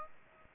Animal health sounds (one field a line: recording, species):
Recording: mosquito wingbeat signal from an infrared sensor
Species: Aedes aegypti